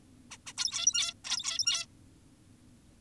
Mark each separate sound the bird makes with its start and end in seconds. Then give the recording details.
0.31-0.38, 0.47-0.53, 0.58-1.14, 1.25-1.87. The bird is an adult. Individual g17y2U